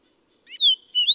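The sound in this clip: Bird song: a short doubled note leading into a long pure whistle, then a second whistle sweeping upward at the end.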